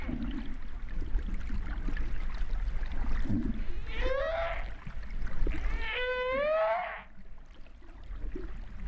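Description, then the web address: Humpback whale calls: two rising, whooping upsweeps over a steady low rumbling, noisy water background with faint low grunts. Recorded at Réunion on 13 September 2011. "autres sons cetaces BB Reunion 13-09-2011"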